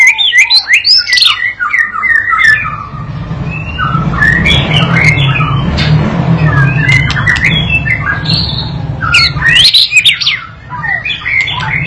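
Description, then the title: White-rumped shama song: lively chattering and whistled phrases throughout, with a low rumbling background noise through the middle section. Lure training recording used to teach a young bird to sing energetically and prompt it to answer at once. "MURAI BATU PAUD BELAJAR GACOR, AJARI DENGAN MASTERAN PANCINGAN INI, PANCING LANGSUNG NYAUT"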